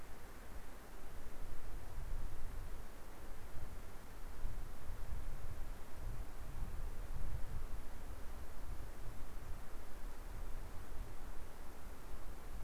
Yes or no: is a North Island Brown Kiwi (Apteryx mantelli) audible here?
no